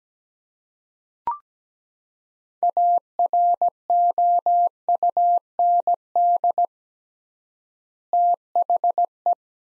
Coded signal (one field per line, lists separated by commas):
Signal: Morse code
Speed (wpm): 17 wpm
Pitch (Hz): 700 Hz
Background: none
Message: AROUND THE